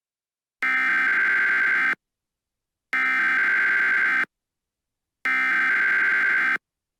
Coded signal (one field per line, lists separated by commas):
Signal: Emergency Alert System (SAME) tones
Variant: header bursts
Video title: EAS Scenario - Vampire Hunters (Recombined)